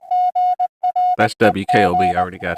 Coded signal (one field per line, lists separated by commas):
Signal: Morse code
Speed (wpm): 17 wpm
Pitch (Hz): 720 Hz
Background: speech, music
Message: GREG